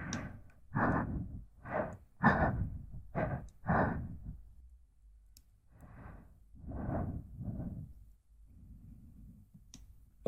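Mouth sounds: a run of quick breathy puffs and sighs in the first four seconds, then slower, softer exhales and a low hum near the end.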